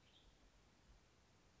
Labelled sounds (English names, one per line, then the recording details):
Western Tanager
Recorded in Sonoma County, California